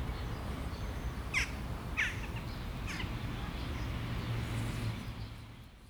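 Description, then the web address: Western jackdaw calls: three short, sharp notes in the first three seconds over a steady low rumbling background noise. "linnut naakka"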